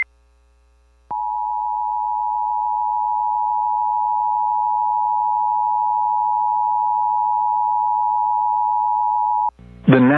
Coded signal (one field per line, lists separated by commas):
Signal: Emergency Alert System (SAME) tones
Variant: 853 and 960 Hz attention tone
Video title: EARLY-DECEMBER DESTRUCTION | EAS Alerts from 12/10/2021 (EAS #857-874)